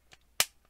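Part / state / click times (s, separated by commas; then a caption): plastic limb part into a transforming robot toy joint / seated / 0.4 s. A plastic limb part is shoved into a joint socket on a transforming mecha robot toy, a tight connection. It snaps into place with one sharp, bright click at 0.4 s, with fainter small plastic ticks before and after. The part is seated.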